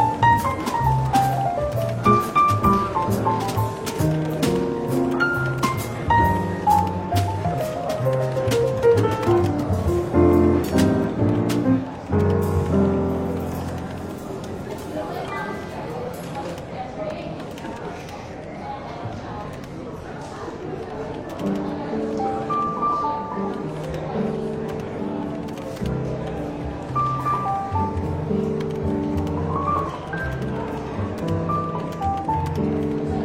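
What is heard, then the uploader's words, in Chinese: Soft jazz plays in a bookshop café, with piano-like notes and a walking low line over a gentle murmur of voices. The music is fuller and busier for the first twelve seconds, then thins and quiets before picking up again. 伦敦书店咖啡馆轻微喧闹氛围与柔和轻松的爵士背景音乐。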